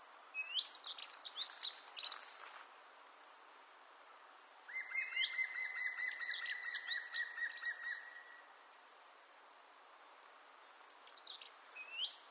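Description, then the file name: Great tit calls: busy bursts of high whistled slurs and chips, a quiet gap, then a long steady lower trill beneath more high notes. "Parus major"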